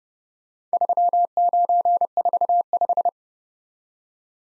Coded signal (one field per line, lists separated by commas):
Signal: Morse code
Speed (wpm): 28 wpm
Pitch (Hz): 700 Hz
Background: none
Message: 3945